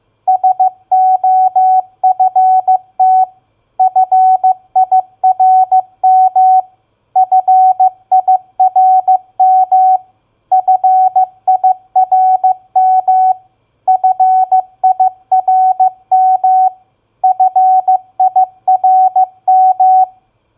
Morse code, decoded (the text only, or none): SOFT FIRM FIRM FIRM FIRM FIRM